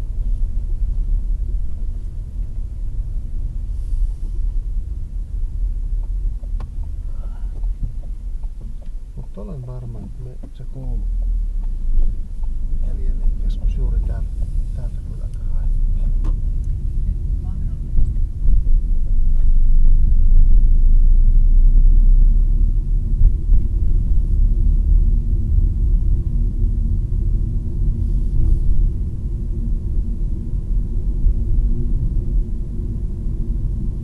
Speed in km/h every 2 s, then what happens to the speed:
13, 12, 12, 0, 4, 7, 12, 19, 20, 23, 28, 29, 31, 35, 36, 39, 39.
0-9 slows to 4. 9-34 speeds up to 39.